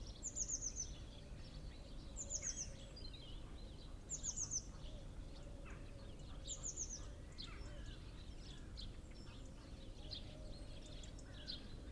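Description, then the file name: Eurasian blue tit calling in four quick clusters of high, thin falling notes roughly every two seconds, then only scattered soft chirps over steady low background rumble. "Cyanistes caeruleus"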